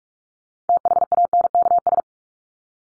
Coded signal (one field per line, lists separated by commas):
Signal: Morse code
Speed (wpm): 44 wpm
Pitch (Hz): 700 Hz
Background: none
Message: THANKS